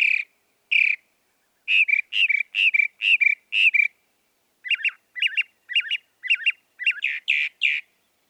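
Northern mockingbird song shifting from harsh, noisy repeated notes to a series of several twanging, wavering notes.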